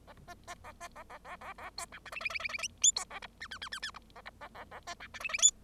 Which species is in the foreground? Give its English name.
Bengalese Finch